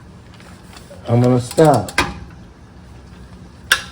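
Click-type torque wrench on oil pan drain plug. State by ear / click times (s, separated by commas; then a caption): torque reached / 3.7 s. Someone talks while tightening the 17 mm oil drain plug on the oil pan of a 2021 Honda Ridgeline during its 50,000-mile oil change, using a long-handled click-type torque wrench set to 30 ft-lb. The wrench breaks over with a sharp click at 3.7 s, confirming the plug is torqued to its setting.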